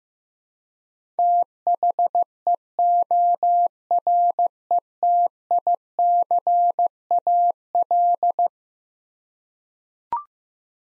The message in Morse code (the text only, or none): THEORETICAL